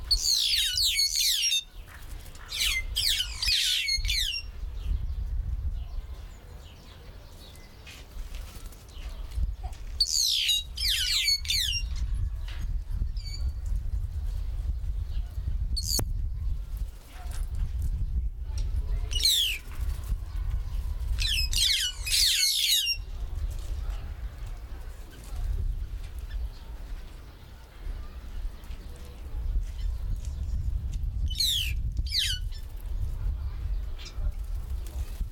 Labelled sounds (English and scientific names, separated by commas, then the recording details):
White-headed Buffalo-Weaver (Dinemellia dinemelli)
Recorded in captivity
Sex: group
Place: Zoo Berlin, Berlin, DE
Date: 1996-04-06 15:55
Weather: heiter, 10 - 16 °C
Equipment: Sony MD-WM MZ-R3, Sennheiser MKH 416 T, Kopie Uher 4000 Report Monitor
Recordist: Tembrock, Günter